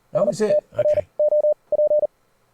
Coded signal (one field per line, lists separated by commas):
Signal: Morse code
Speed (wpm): 40 wpm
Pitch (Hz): 600 Hz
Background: speech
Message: STROP